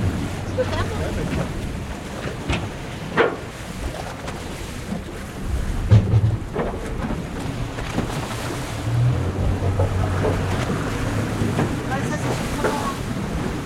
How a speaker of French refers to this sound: Alors là, on est dans le port de l'île de Sein. On est à quai, à bord du bateau. Alors l'île de Sein, c'est une île qui se trouve à la pointe de la Bretagne.